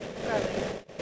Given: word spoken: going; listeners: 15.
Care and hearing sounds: one English word in noise, from a listening test; noise modulated by three-talker babble; -4.2 dB; 2 of 15; 7 of 15; 0.62 s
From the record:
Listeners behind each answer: 7, 3, 2, 1, 1, 1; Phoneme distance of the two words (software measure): 7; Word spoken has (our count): 2 syllables, 4 phonemes, stress on syllable 1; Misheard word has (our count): 2 syllables, 5 phonemes, stress on syllable 1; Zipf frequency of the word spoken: 6.47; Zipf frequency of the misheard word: 4.93

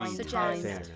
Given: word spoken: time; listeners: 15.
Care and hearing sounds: one English word in noise, from a listening test; four-talker babble; -0.6 dB; 1 of 15; 12 of 15; 0.56 s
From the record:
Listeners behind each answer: 12, 2, 1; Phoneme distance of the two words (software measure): 49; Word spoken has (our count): 1 syllable, 3 phonemes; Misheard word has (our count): 2 syllables, 6 phonemes, stress on syllable 2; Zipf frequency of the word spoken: 6.35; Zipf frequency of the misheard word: 4.63

